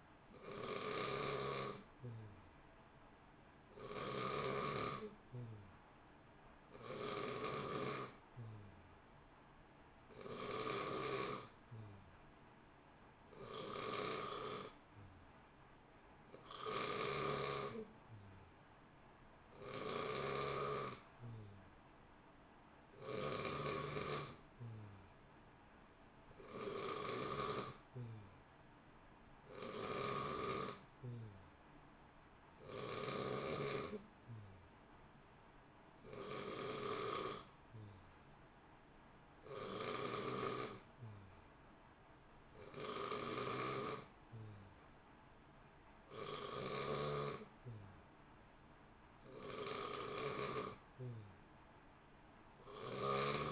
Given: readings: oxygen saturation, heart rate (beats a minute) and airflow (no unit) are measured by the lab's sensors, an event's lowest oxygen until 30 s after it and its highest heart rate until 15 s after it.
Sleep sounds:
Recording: breathing in sleep by a voice recorder at the bedside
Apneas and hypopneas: none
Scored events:
none scored
From the record:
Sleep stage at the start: N3 (deep sleep)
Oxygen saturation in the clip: 89 to 91%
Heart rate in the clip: 58 to 64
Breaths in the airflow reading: 19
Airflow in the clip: -0.8 to 0.8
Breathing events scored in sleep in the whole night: 328 in 6.3 hours asleep

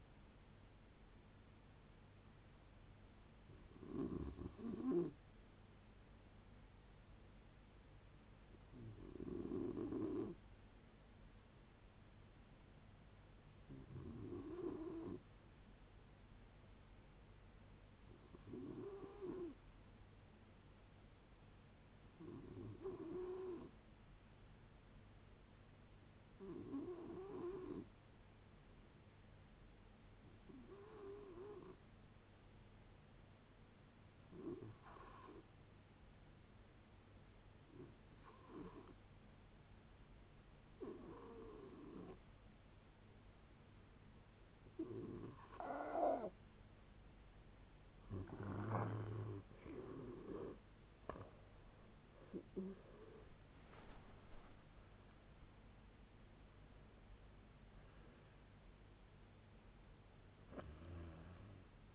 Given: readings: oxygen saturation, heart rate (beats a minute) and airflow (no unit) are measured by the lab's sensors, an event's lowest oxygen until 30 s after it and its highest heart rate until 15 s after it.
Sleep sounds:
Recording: a person awake in a sleep study, by a voice recorder at the bedside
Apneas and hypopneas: none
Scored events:
0.00-61.95 s: awake
0.00-61.95 s: awake
From the record:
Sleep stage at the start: awake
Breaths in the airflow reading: 25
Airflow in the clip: -0.8 to 0.7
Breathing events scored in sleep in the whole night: 496 in 5.4 hours asleep

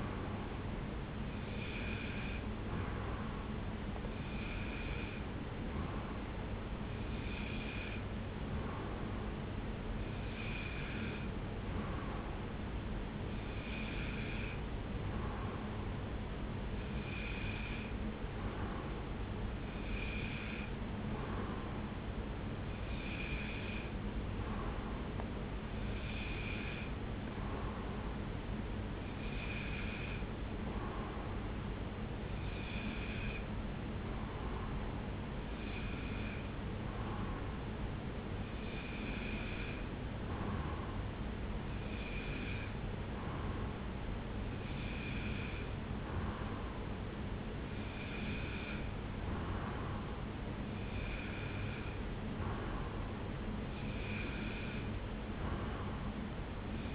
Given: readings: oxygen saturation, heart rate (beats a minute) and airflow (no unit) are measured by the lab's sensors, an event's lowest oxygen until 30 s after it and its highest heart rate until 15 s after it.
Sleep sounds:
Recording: breathing in sleep by a voice recorder at the bedside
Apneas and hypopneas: none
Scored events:
23.00-56.95 s: new sleep stage, N2 (light sleep)
From the record:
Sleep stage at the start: N1 (lightest sleep)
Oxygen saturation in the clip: 93 to 94%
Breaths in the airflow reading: 18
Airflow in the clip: -1.0 to 1.1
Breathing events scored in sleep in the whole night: 335 in 6.7 hours asleep

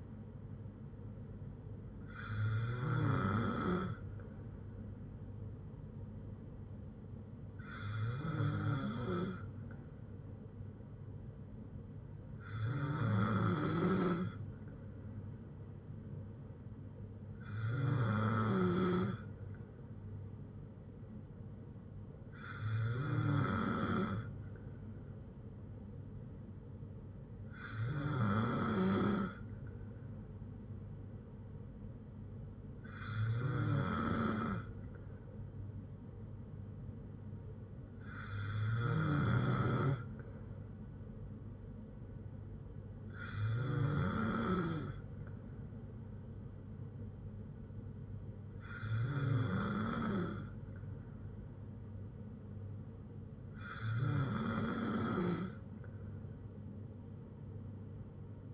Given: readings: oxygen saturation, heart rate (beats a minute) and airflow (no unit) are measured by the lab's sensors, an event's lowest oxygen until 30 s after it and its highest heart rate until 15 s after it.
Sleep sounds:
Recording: breathing in sleep by a smartphone at the bedside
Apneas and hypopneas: none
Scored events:
none scored
From the record:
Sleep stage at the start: N2 (light sleep)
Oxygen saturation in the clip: 93 to 94%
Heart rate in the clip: 58 to 70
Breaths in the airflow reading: 12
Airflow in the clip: -5.1 to 3.0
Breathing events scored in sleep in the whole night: 182 in 7.4 hours asleep

